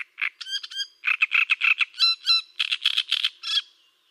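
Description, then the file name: Great reed warbler song: a continuous run of harsh, croaking notes mixed with squeaky whistled syllables in a fast rhythm. "Cannareccione"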